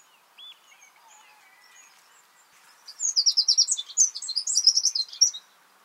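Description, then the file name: Eurasian wren song: a loud, rapid burst of high, tumbling trilled notes lasting about two and a half seconds, preceded by faint thin notes. "Troglodytes troglodytes"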